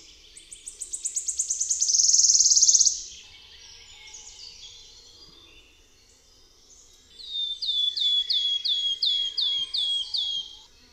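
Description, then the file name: Wood warbler song: ticking notes speed up into a loud, shimmering high trill, then after a pause a run of about eight sweet downslurred piping notes. "Swistunka"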